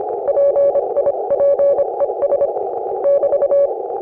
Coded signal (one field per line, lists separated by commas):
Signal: Morse code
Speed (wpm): 28 wpm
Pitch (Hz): 560 Hz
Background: none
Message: PIPES <BT>